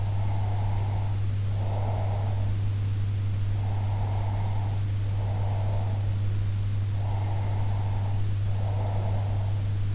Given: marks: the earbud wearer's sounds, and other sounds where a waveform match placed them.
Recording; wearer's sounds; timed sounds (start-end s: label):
sounds in sleep by an in-ear microphone; breath
0.00-2.63 s: breath
3.57-6.11 s: breath
7.11-9.72 s: breath